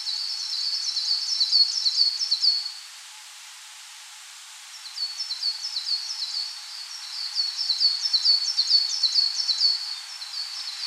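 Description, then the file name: Coal tit delivering high, ringing two-note phrases in rapid succession, stopping for two seconds, then resuming with a longer bout. "Parus ater"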